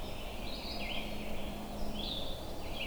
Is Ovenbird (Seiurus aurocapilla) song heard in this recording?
no